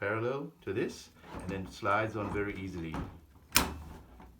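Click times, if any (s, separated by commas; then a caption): 3.6 s. Someone talks while a handle is slid onto the body of a rock sampling tool, lined up so its line runs parallel, and it slides on easily. One sharp click at 3.6 s marks the handle snapping into place on the sampler.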